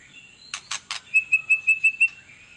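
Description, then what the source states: White-rumped shama calls, three harsh rasping notes followed by six evenly spaced clear whistled notes. Lure song of an actively singing ('gacor') murai batu, played to make other birds respond.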